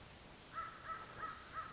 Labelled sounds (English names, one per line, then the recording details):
American Crow
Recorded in Sonoma County, California